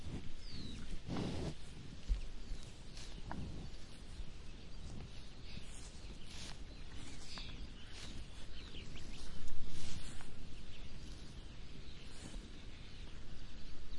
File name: cow eat smack and breathe